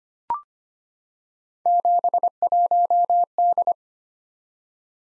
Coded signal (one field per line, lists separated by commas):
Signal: Morse code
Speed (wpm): 25 wpm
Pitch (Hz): 700 Hz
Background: none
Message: 71D